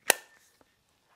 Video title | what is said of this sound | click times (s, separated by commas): ULANZI CLAW (Quick release clip) REVIEW | and you should hear it snap into place | 0.1 s